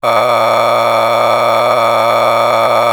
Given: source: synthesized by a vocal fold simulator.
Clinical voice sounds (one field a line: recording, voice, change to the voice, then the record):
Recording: sustained vowel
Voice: male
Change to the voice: a random mix of aspiration noise, stiffness perturbation and strain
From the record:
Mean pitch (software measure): 116 Hz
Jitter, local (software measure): 3.50%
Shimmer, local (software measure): 11.6%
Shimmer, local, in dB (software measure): 1.13 dB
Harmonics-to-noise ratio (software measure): 5.3 dB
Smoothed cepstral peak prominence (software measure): 12.2 dB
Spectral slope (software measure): -12.5 dB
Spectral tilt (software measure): -10.0 dB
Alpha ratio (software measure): -3.0 dB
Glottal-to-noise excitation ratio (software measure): 0.908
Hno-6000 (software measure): 1.9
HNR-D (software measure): 18.9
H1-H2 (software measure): 1.5 dB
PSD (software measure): 3.5e-04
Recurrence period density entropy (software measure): 0.134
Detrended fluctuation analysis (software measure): 0.0316